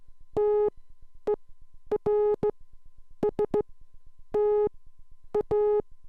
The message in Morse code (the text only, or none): TERSTA